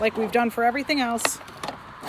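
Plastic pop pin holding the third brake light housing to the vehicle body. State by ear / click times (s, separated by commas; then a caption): released / 1.6 s. Someone talks while a flat screwdriver pries the plastic pop pin holding the third brake light housing to the body of a Hummer H3. A short, sharp pop is heard at 1.6 s as the pin pops loose and releases.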